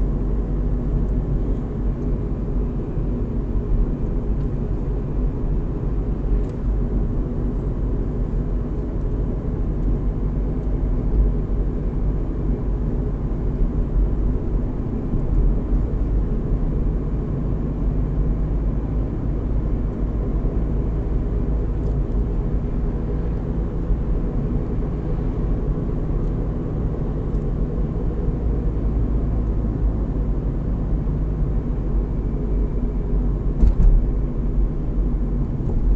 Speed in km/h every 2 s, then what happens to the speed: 53, 52, 53, 53, 53, 53, 54, 55, 56, 58, 60, 61, 62, 60, 57, 53, 51, 49.
0-13 steady at about 53. 13-25 speeds up to 62. 25-36 slows to 49.